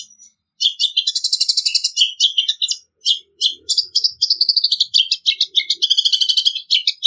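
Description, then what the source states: Long-tailed Shrike singing a fast chatter of high tweets and rattling buzzy phrases after a brief opening sound and a short silence, with a short break midway. Song style described as gacor ngeplong; recording used as training audio for cage birds.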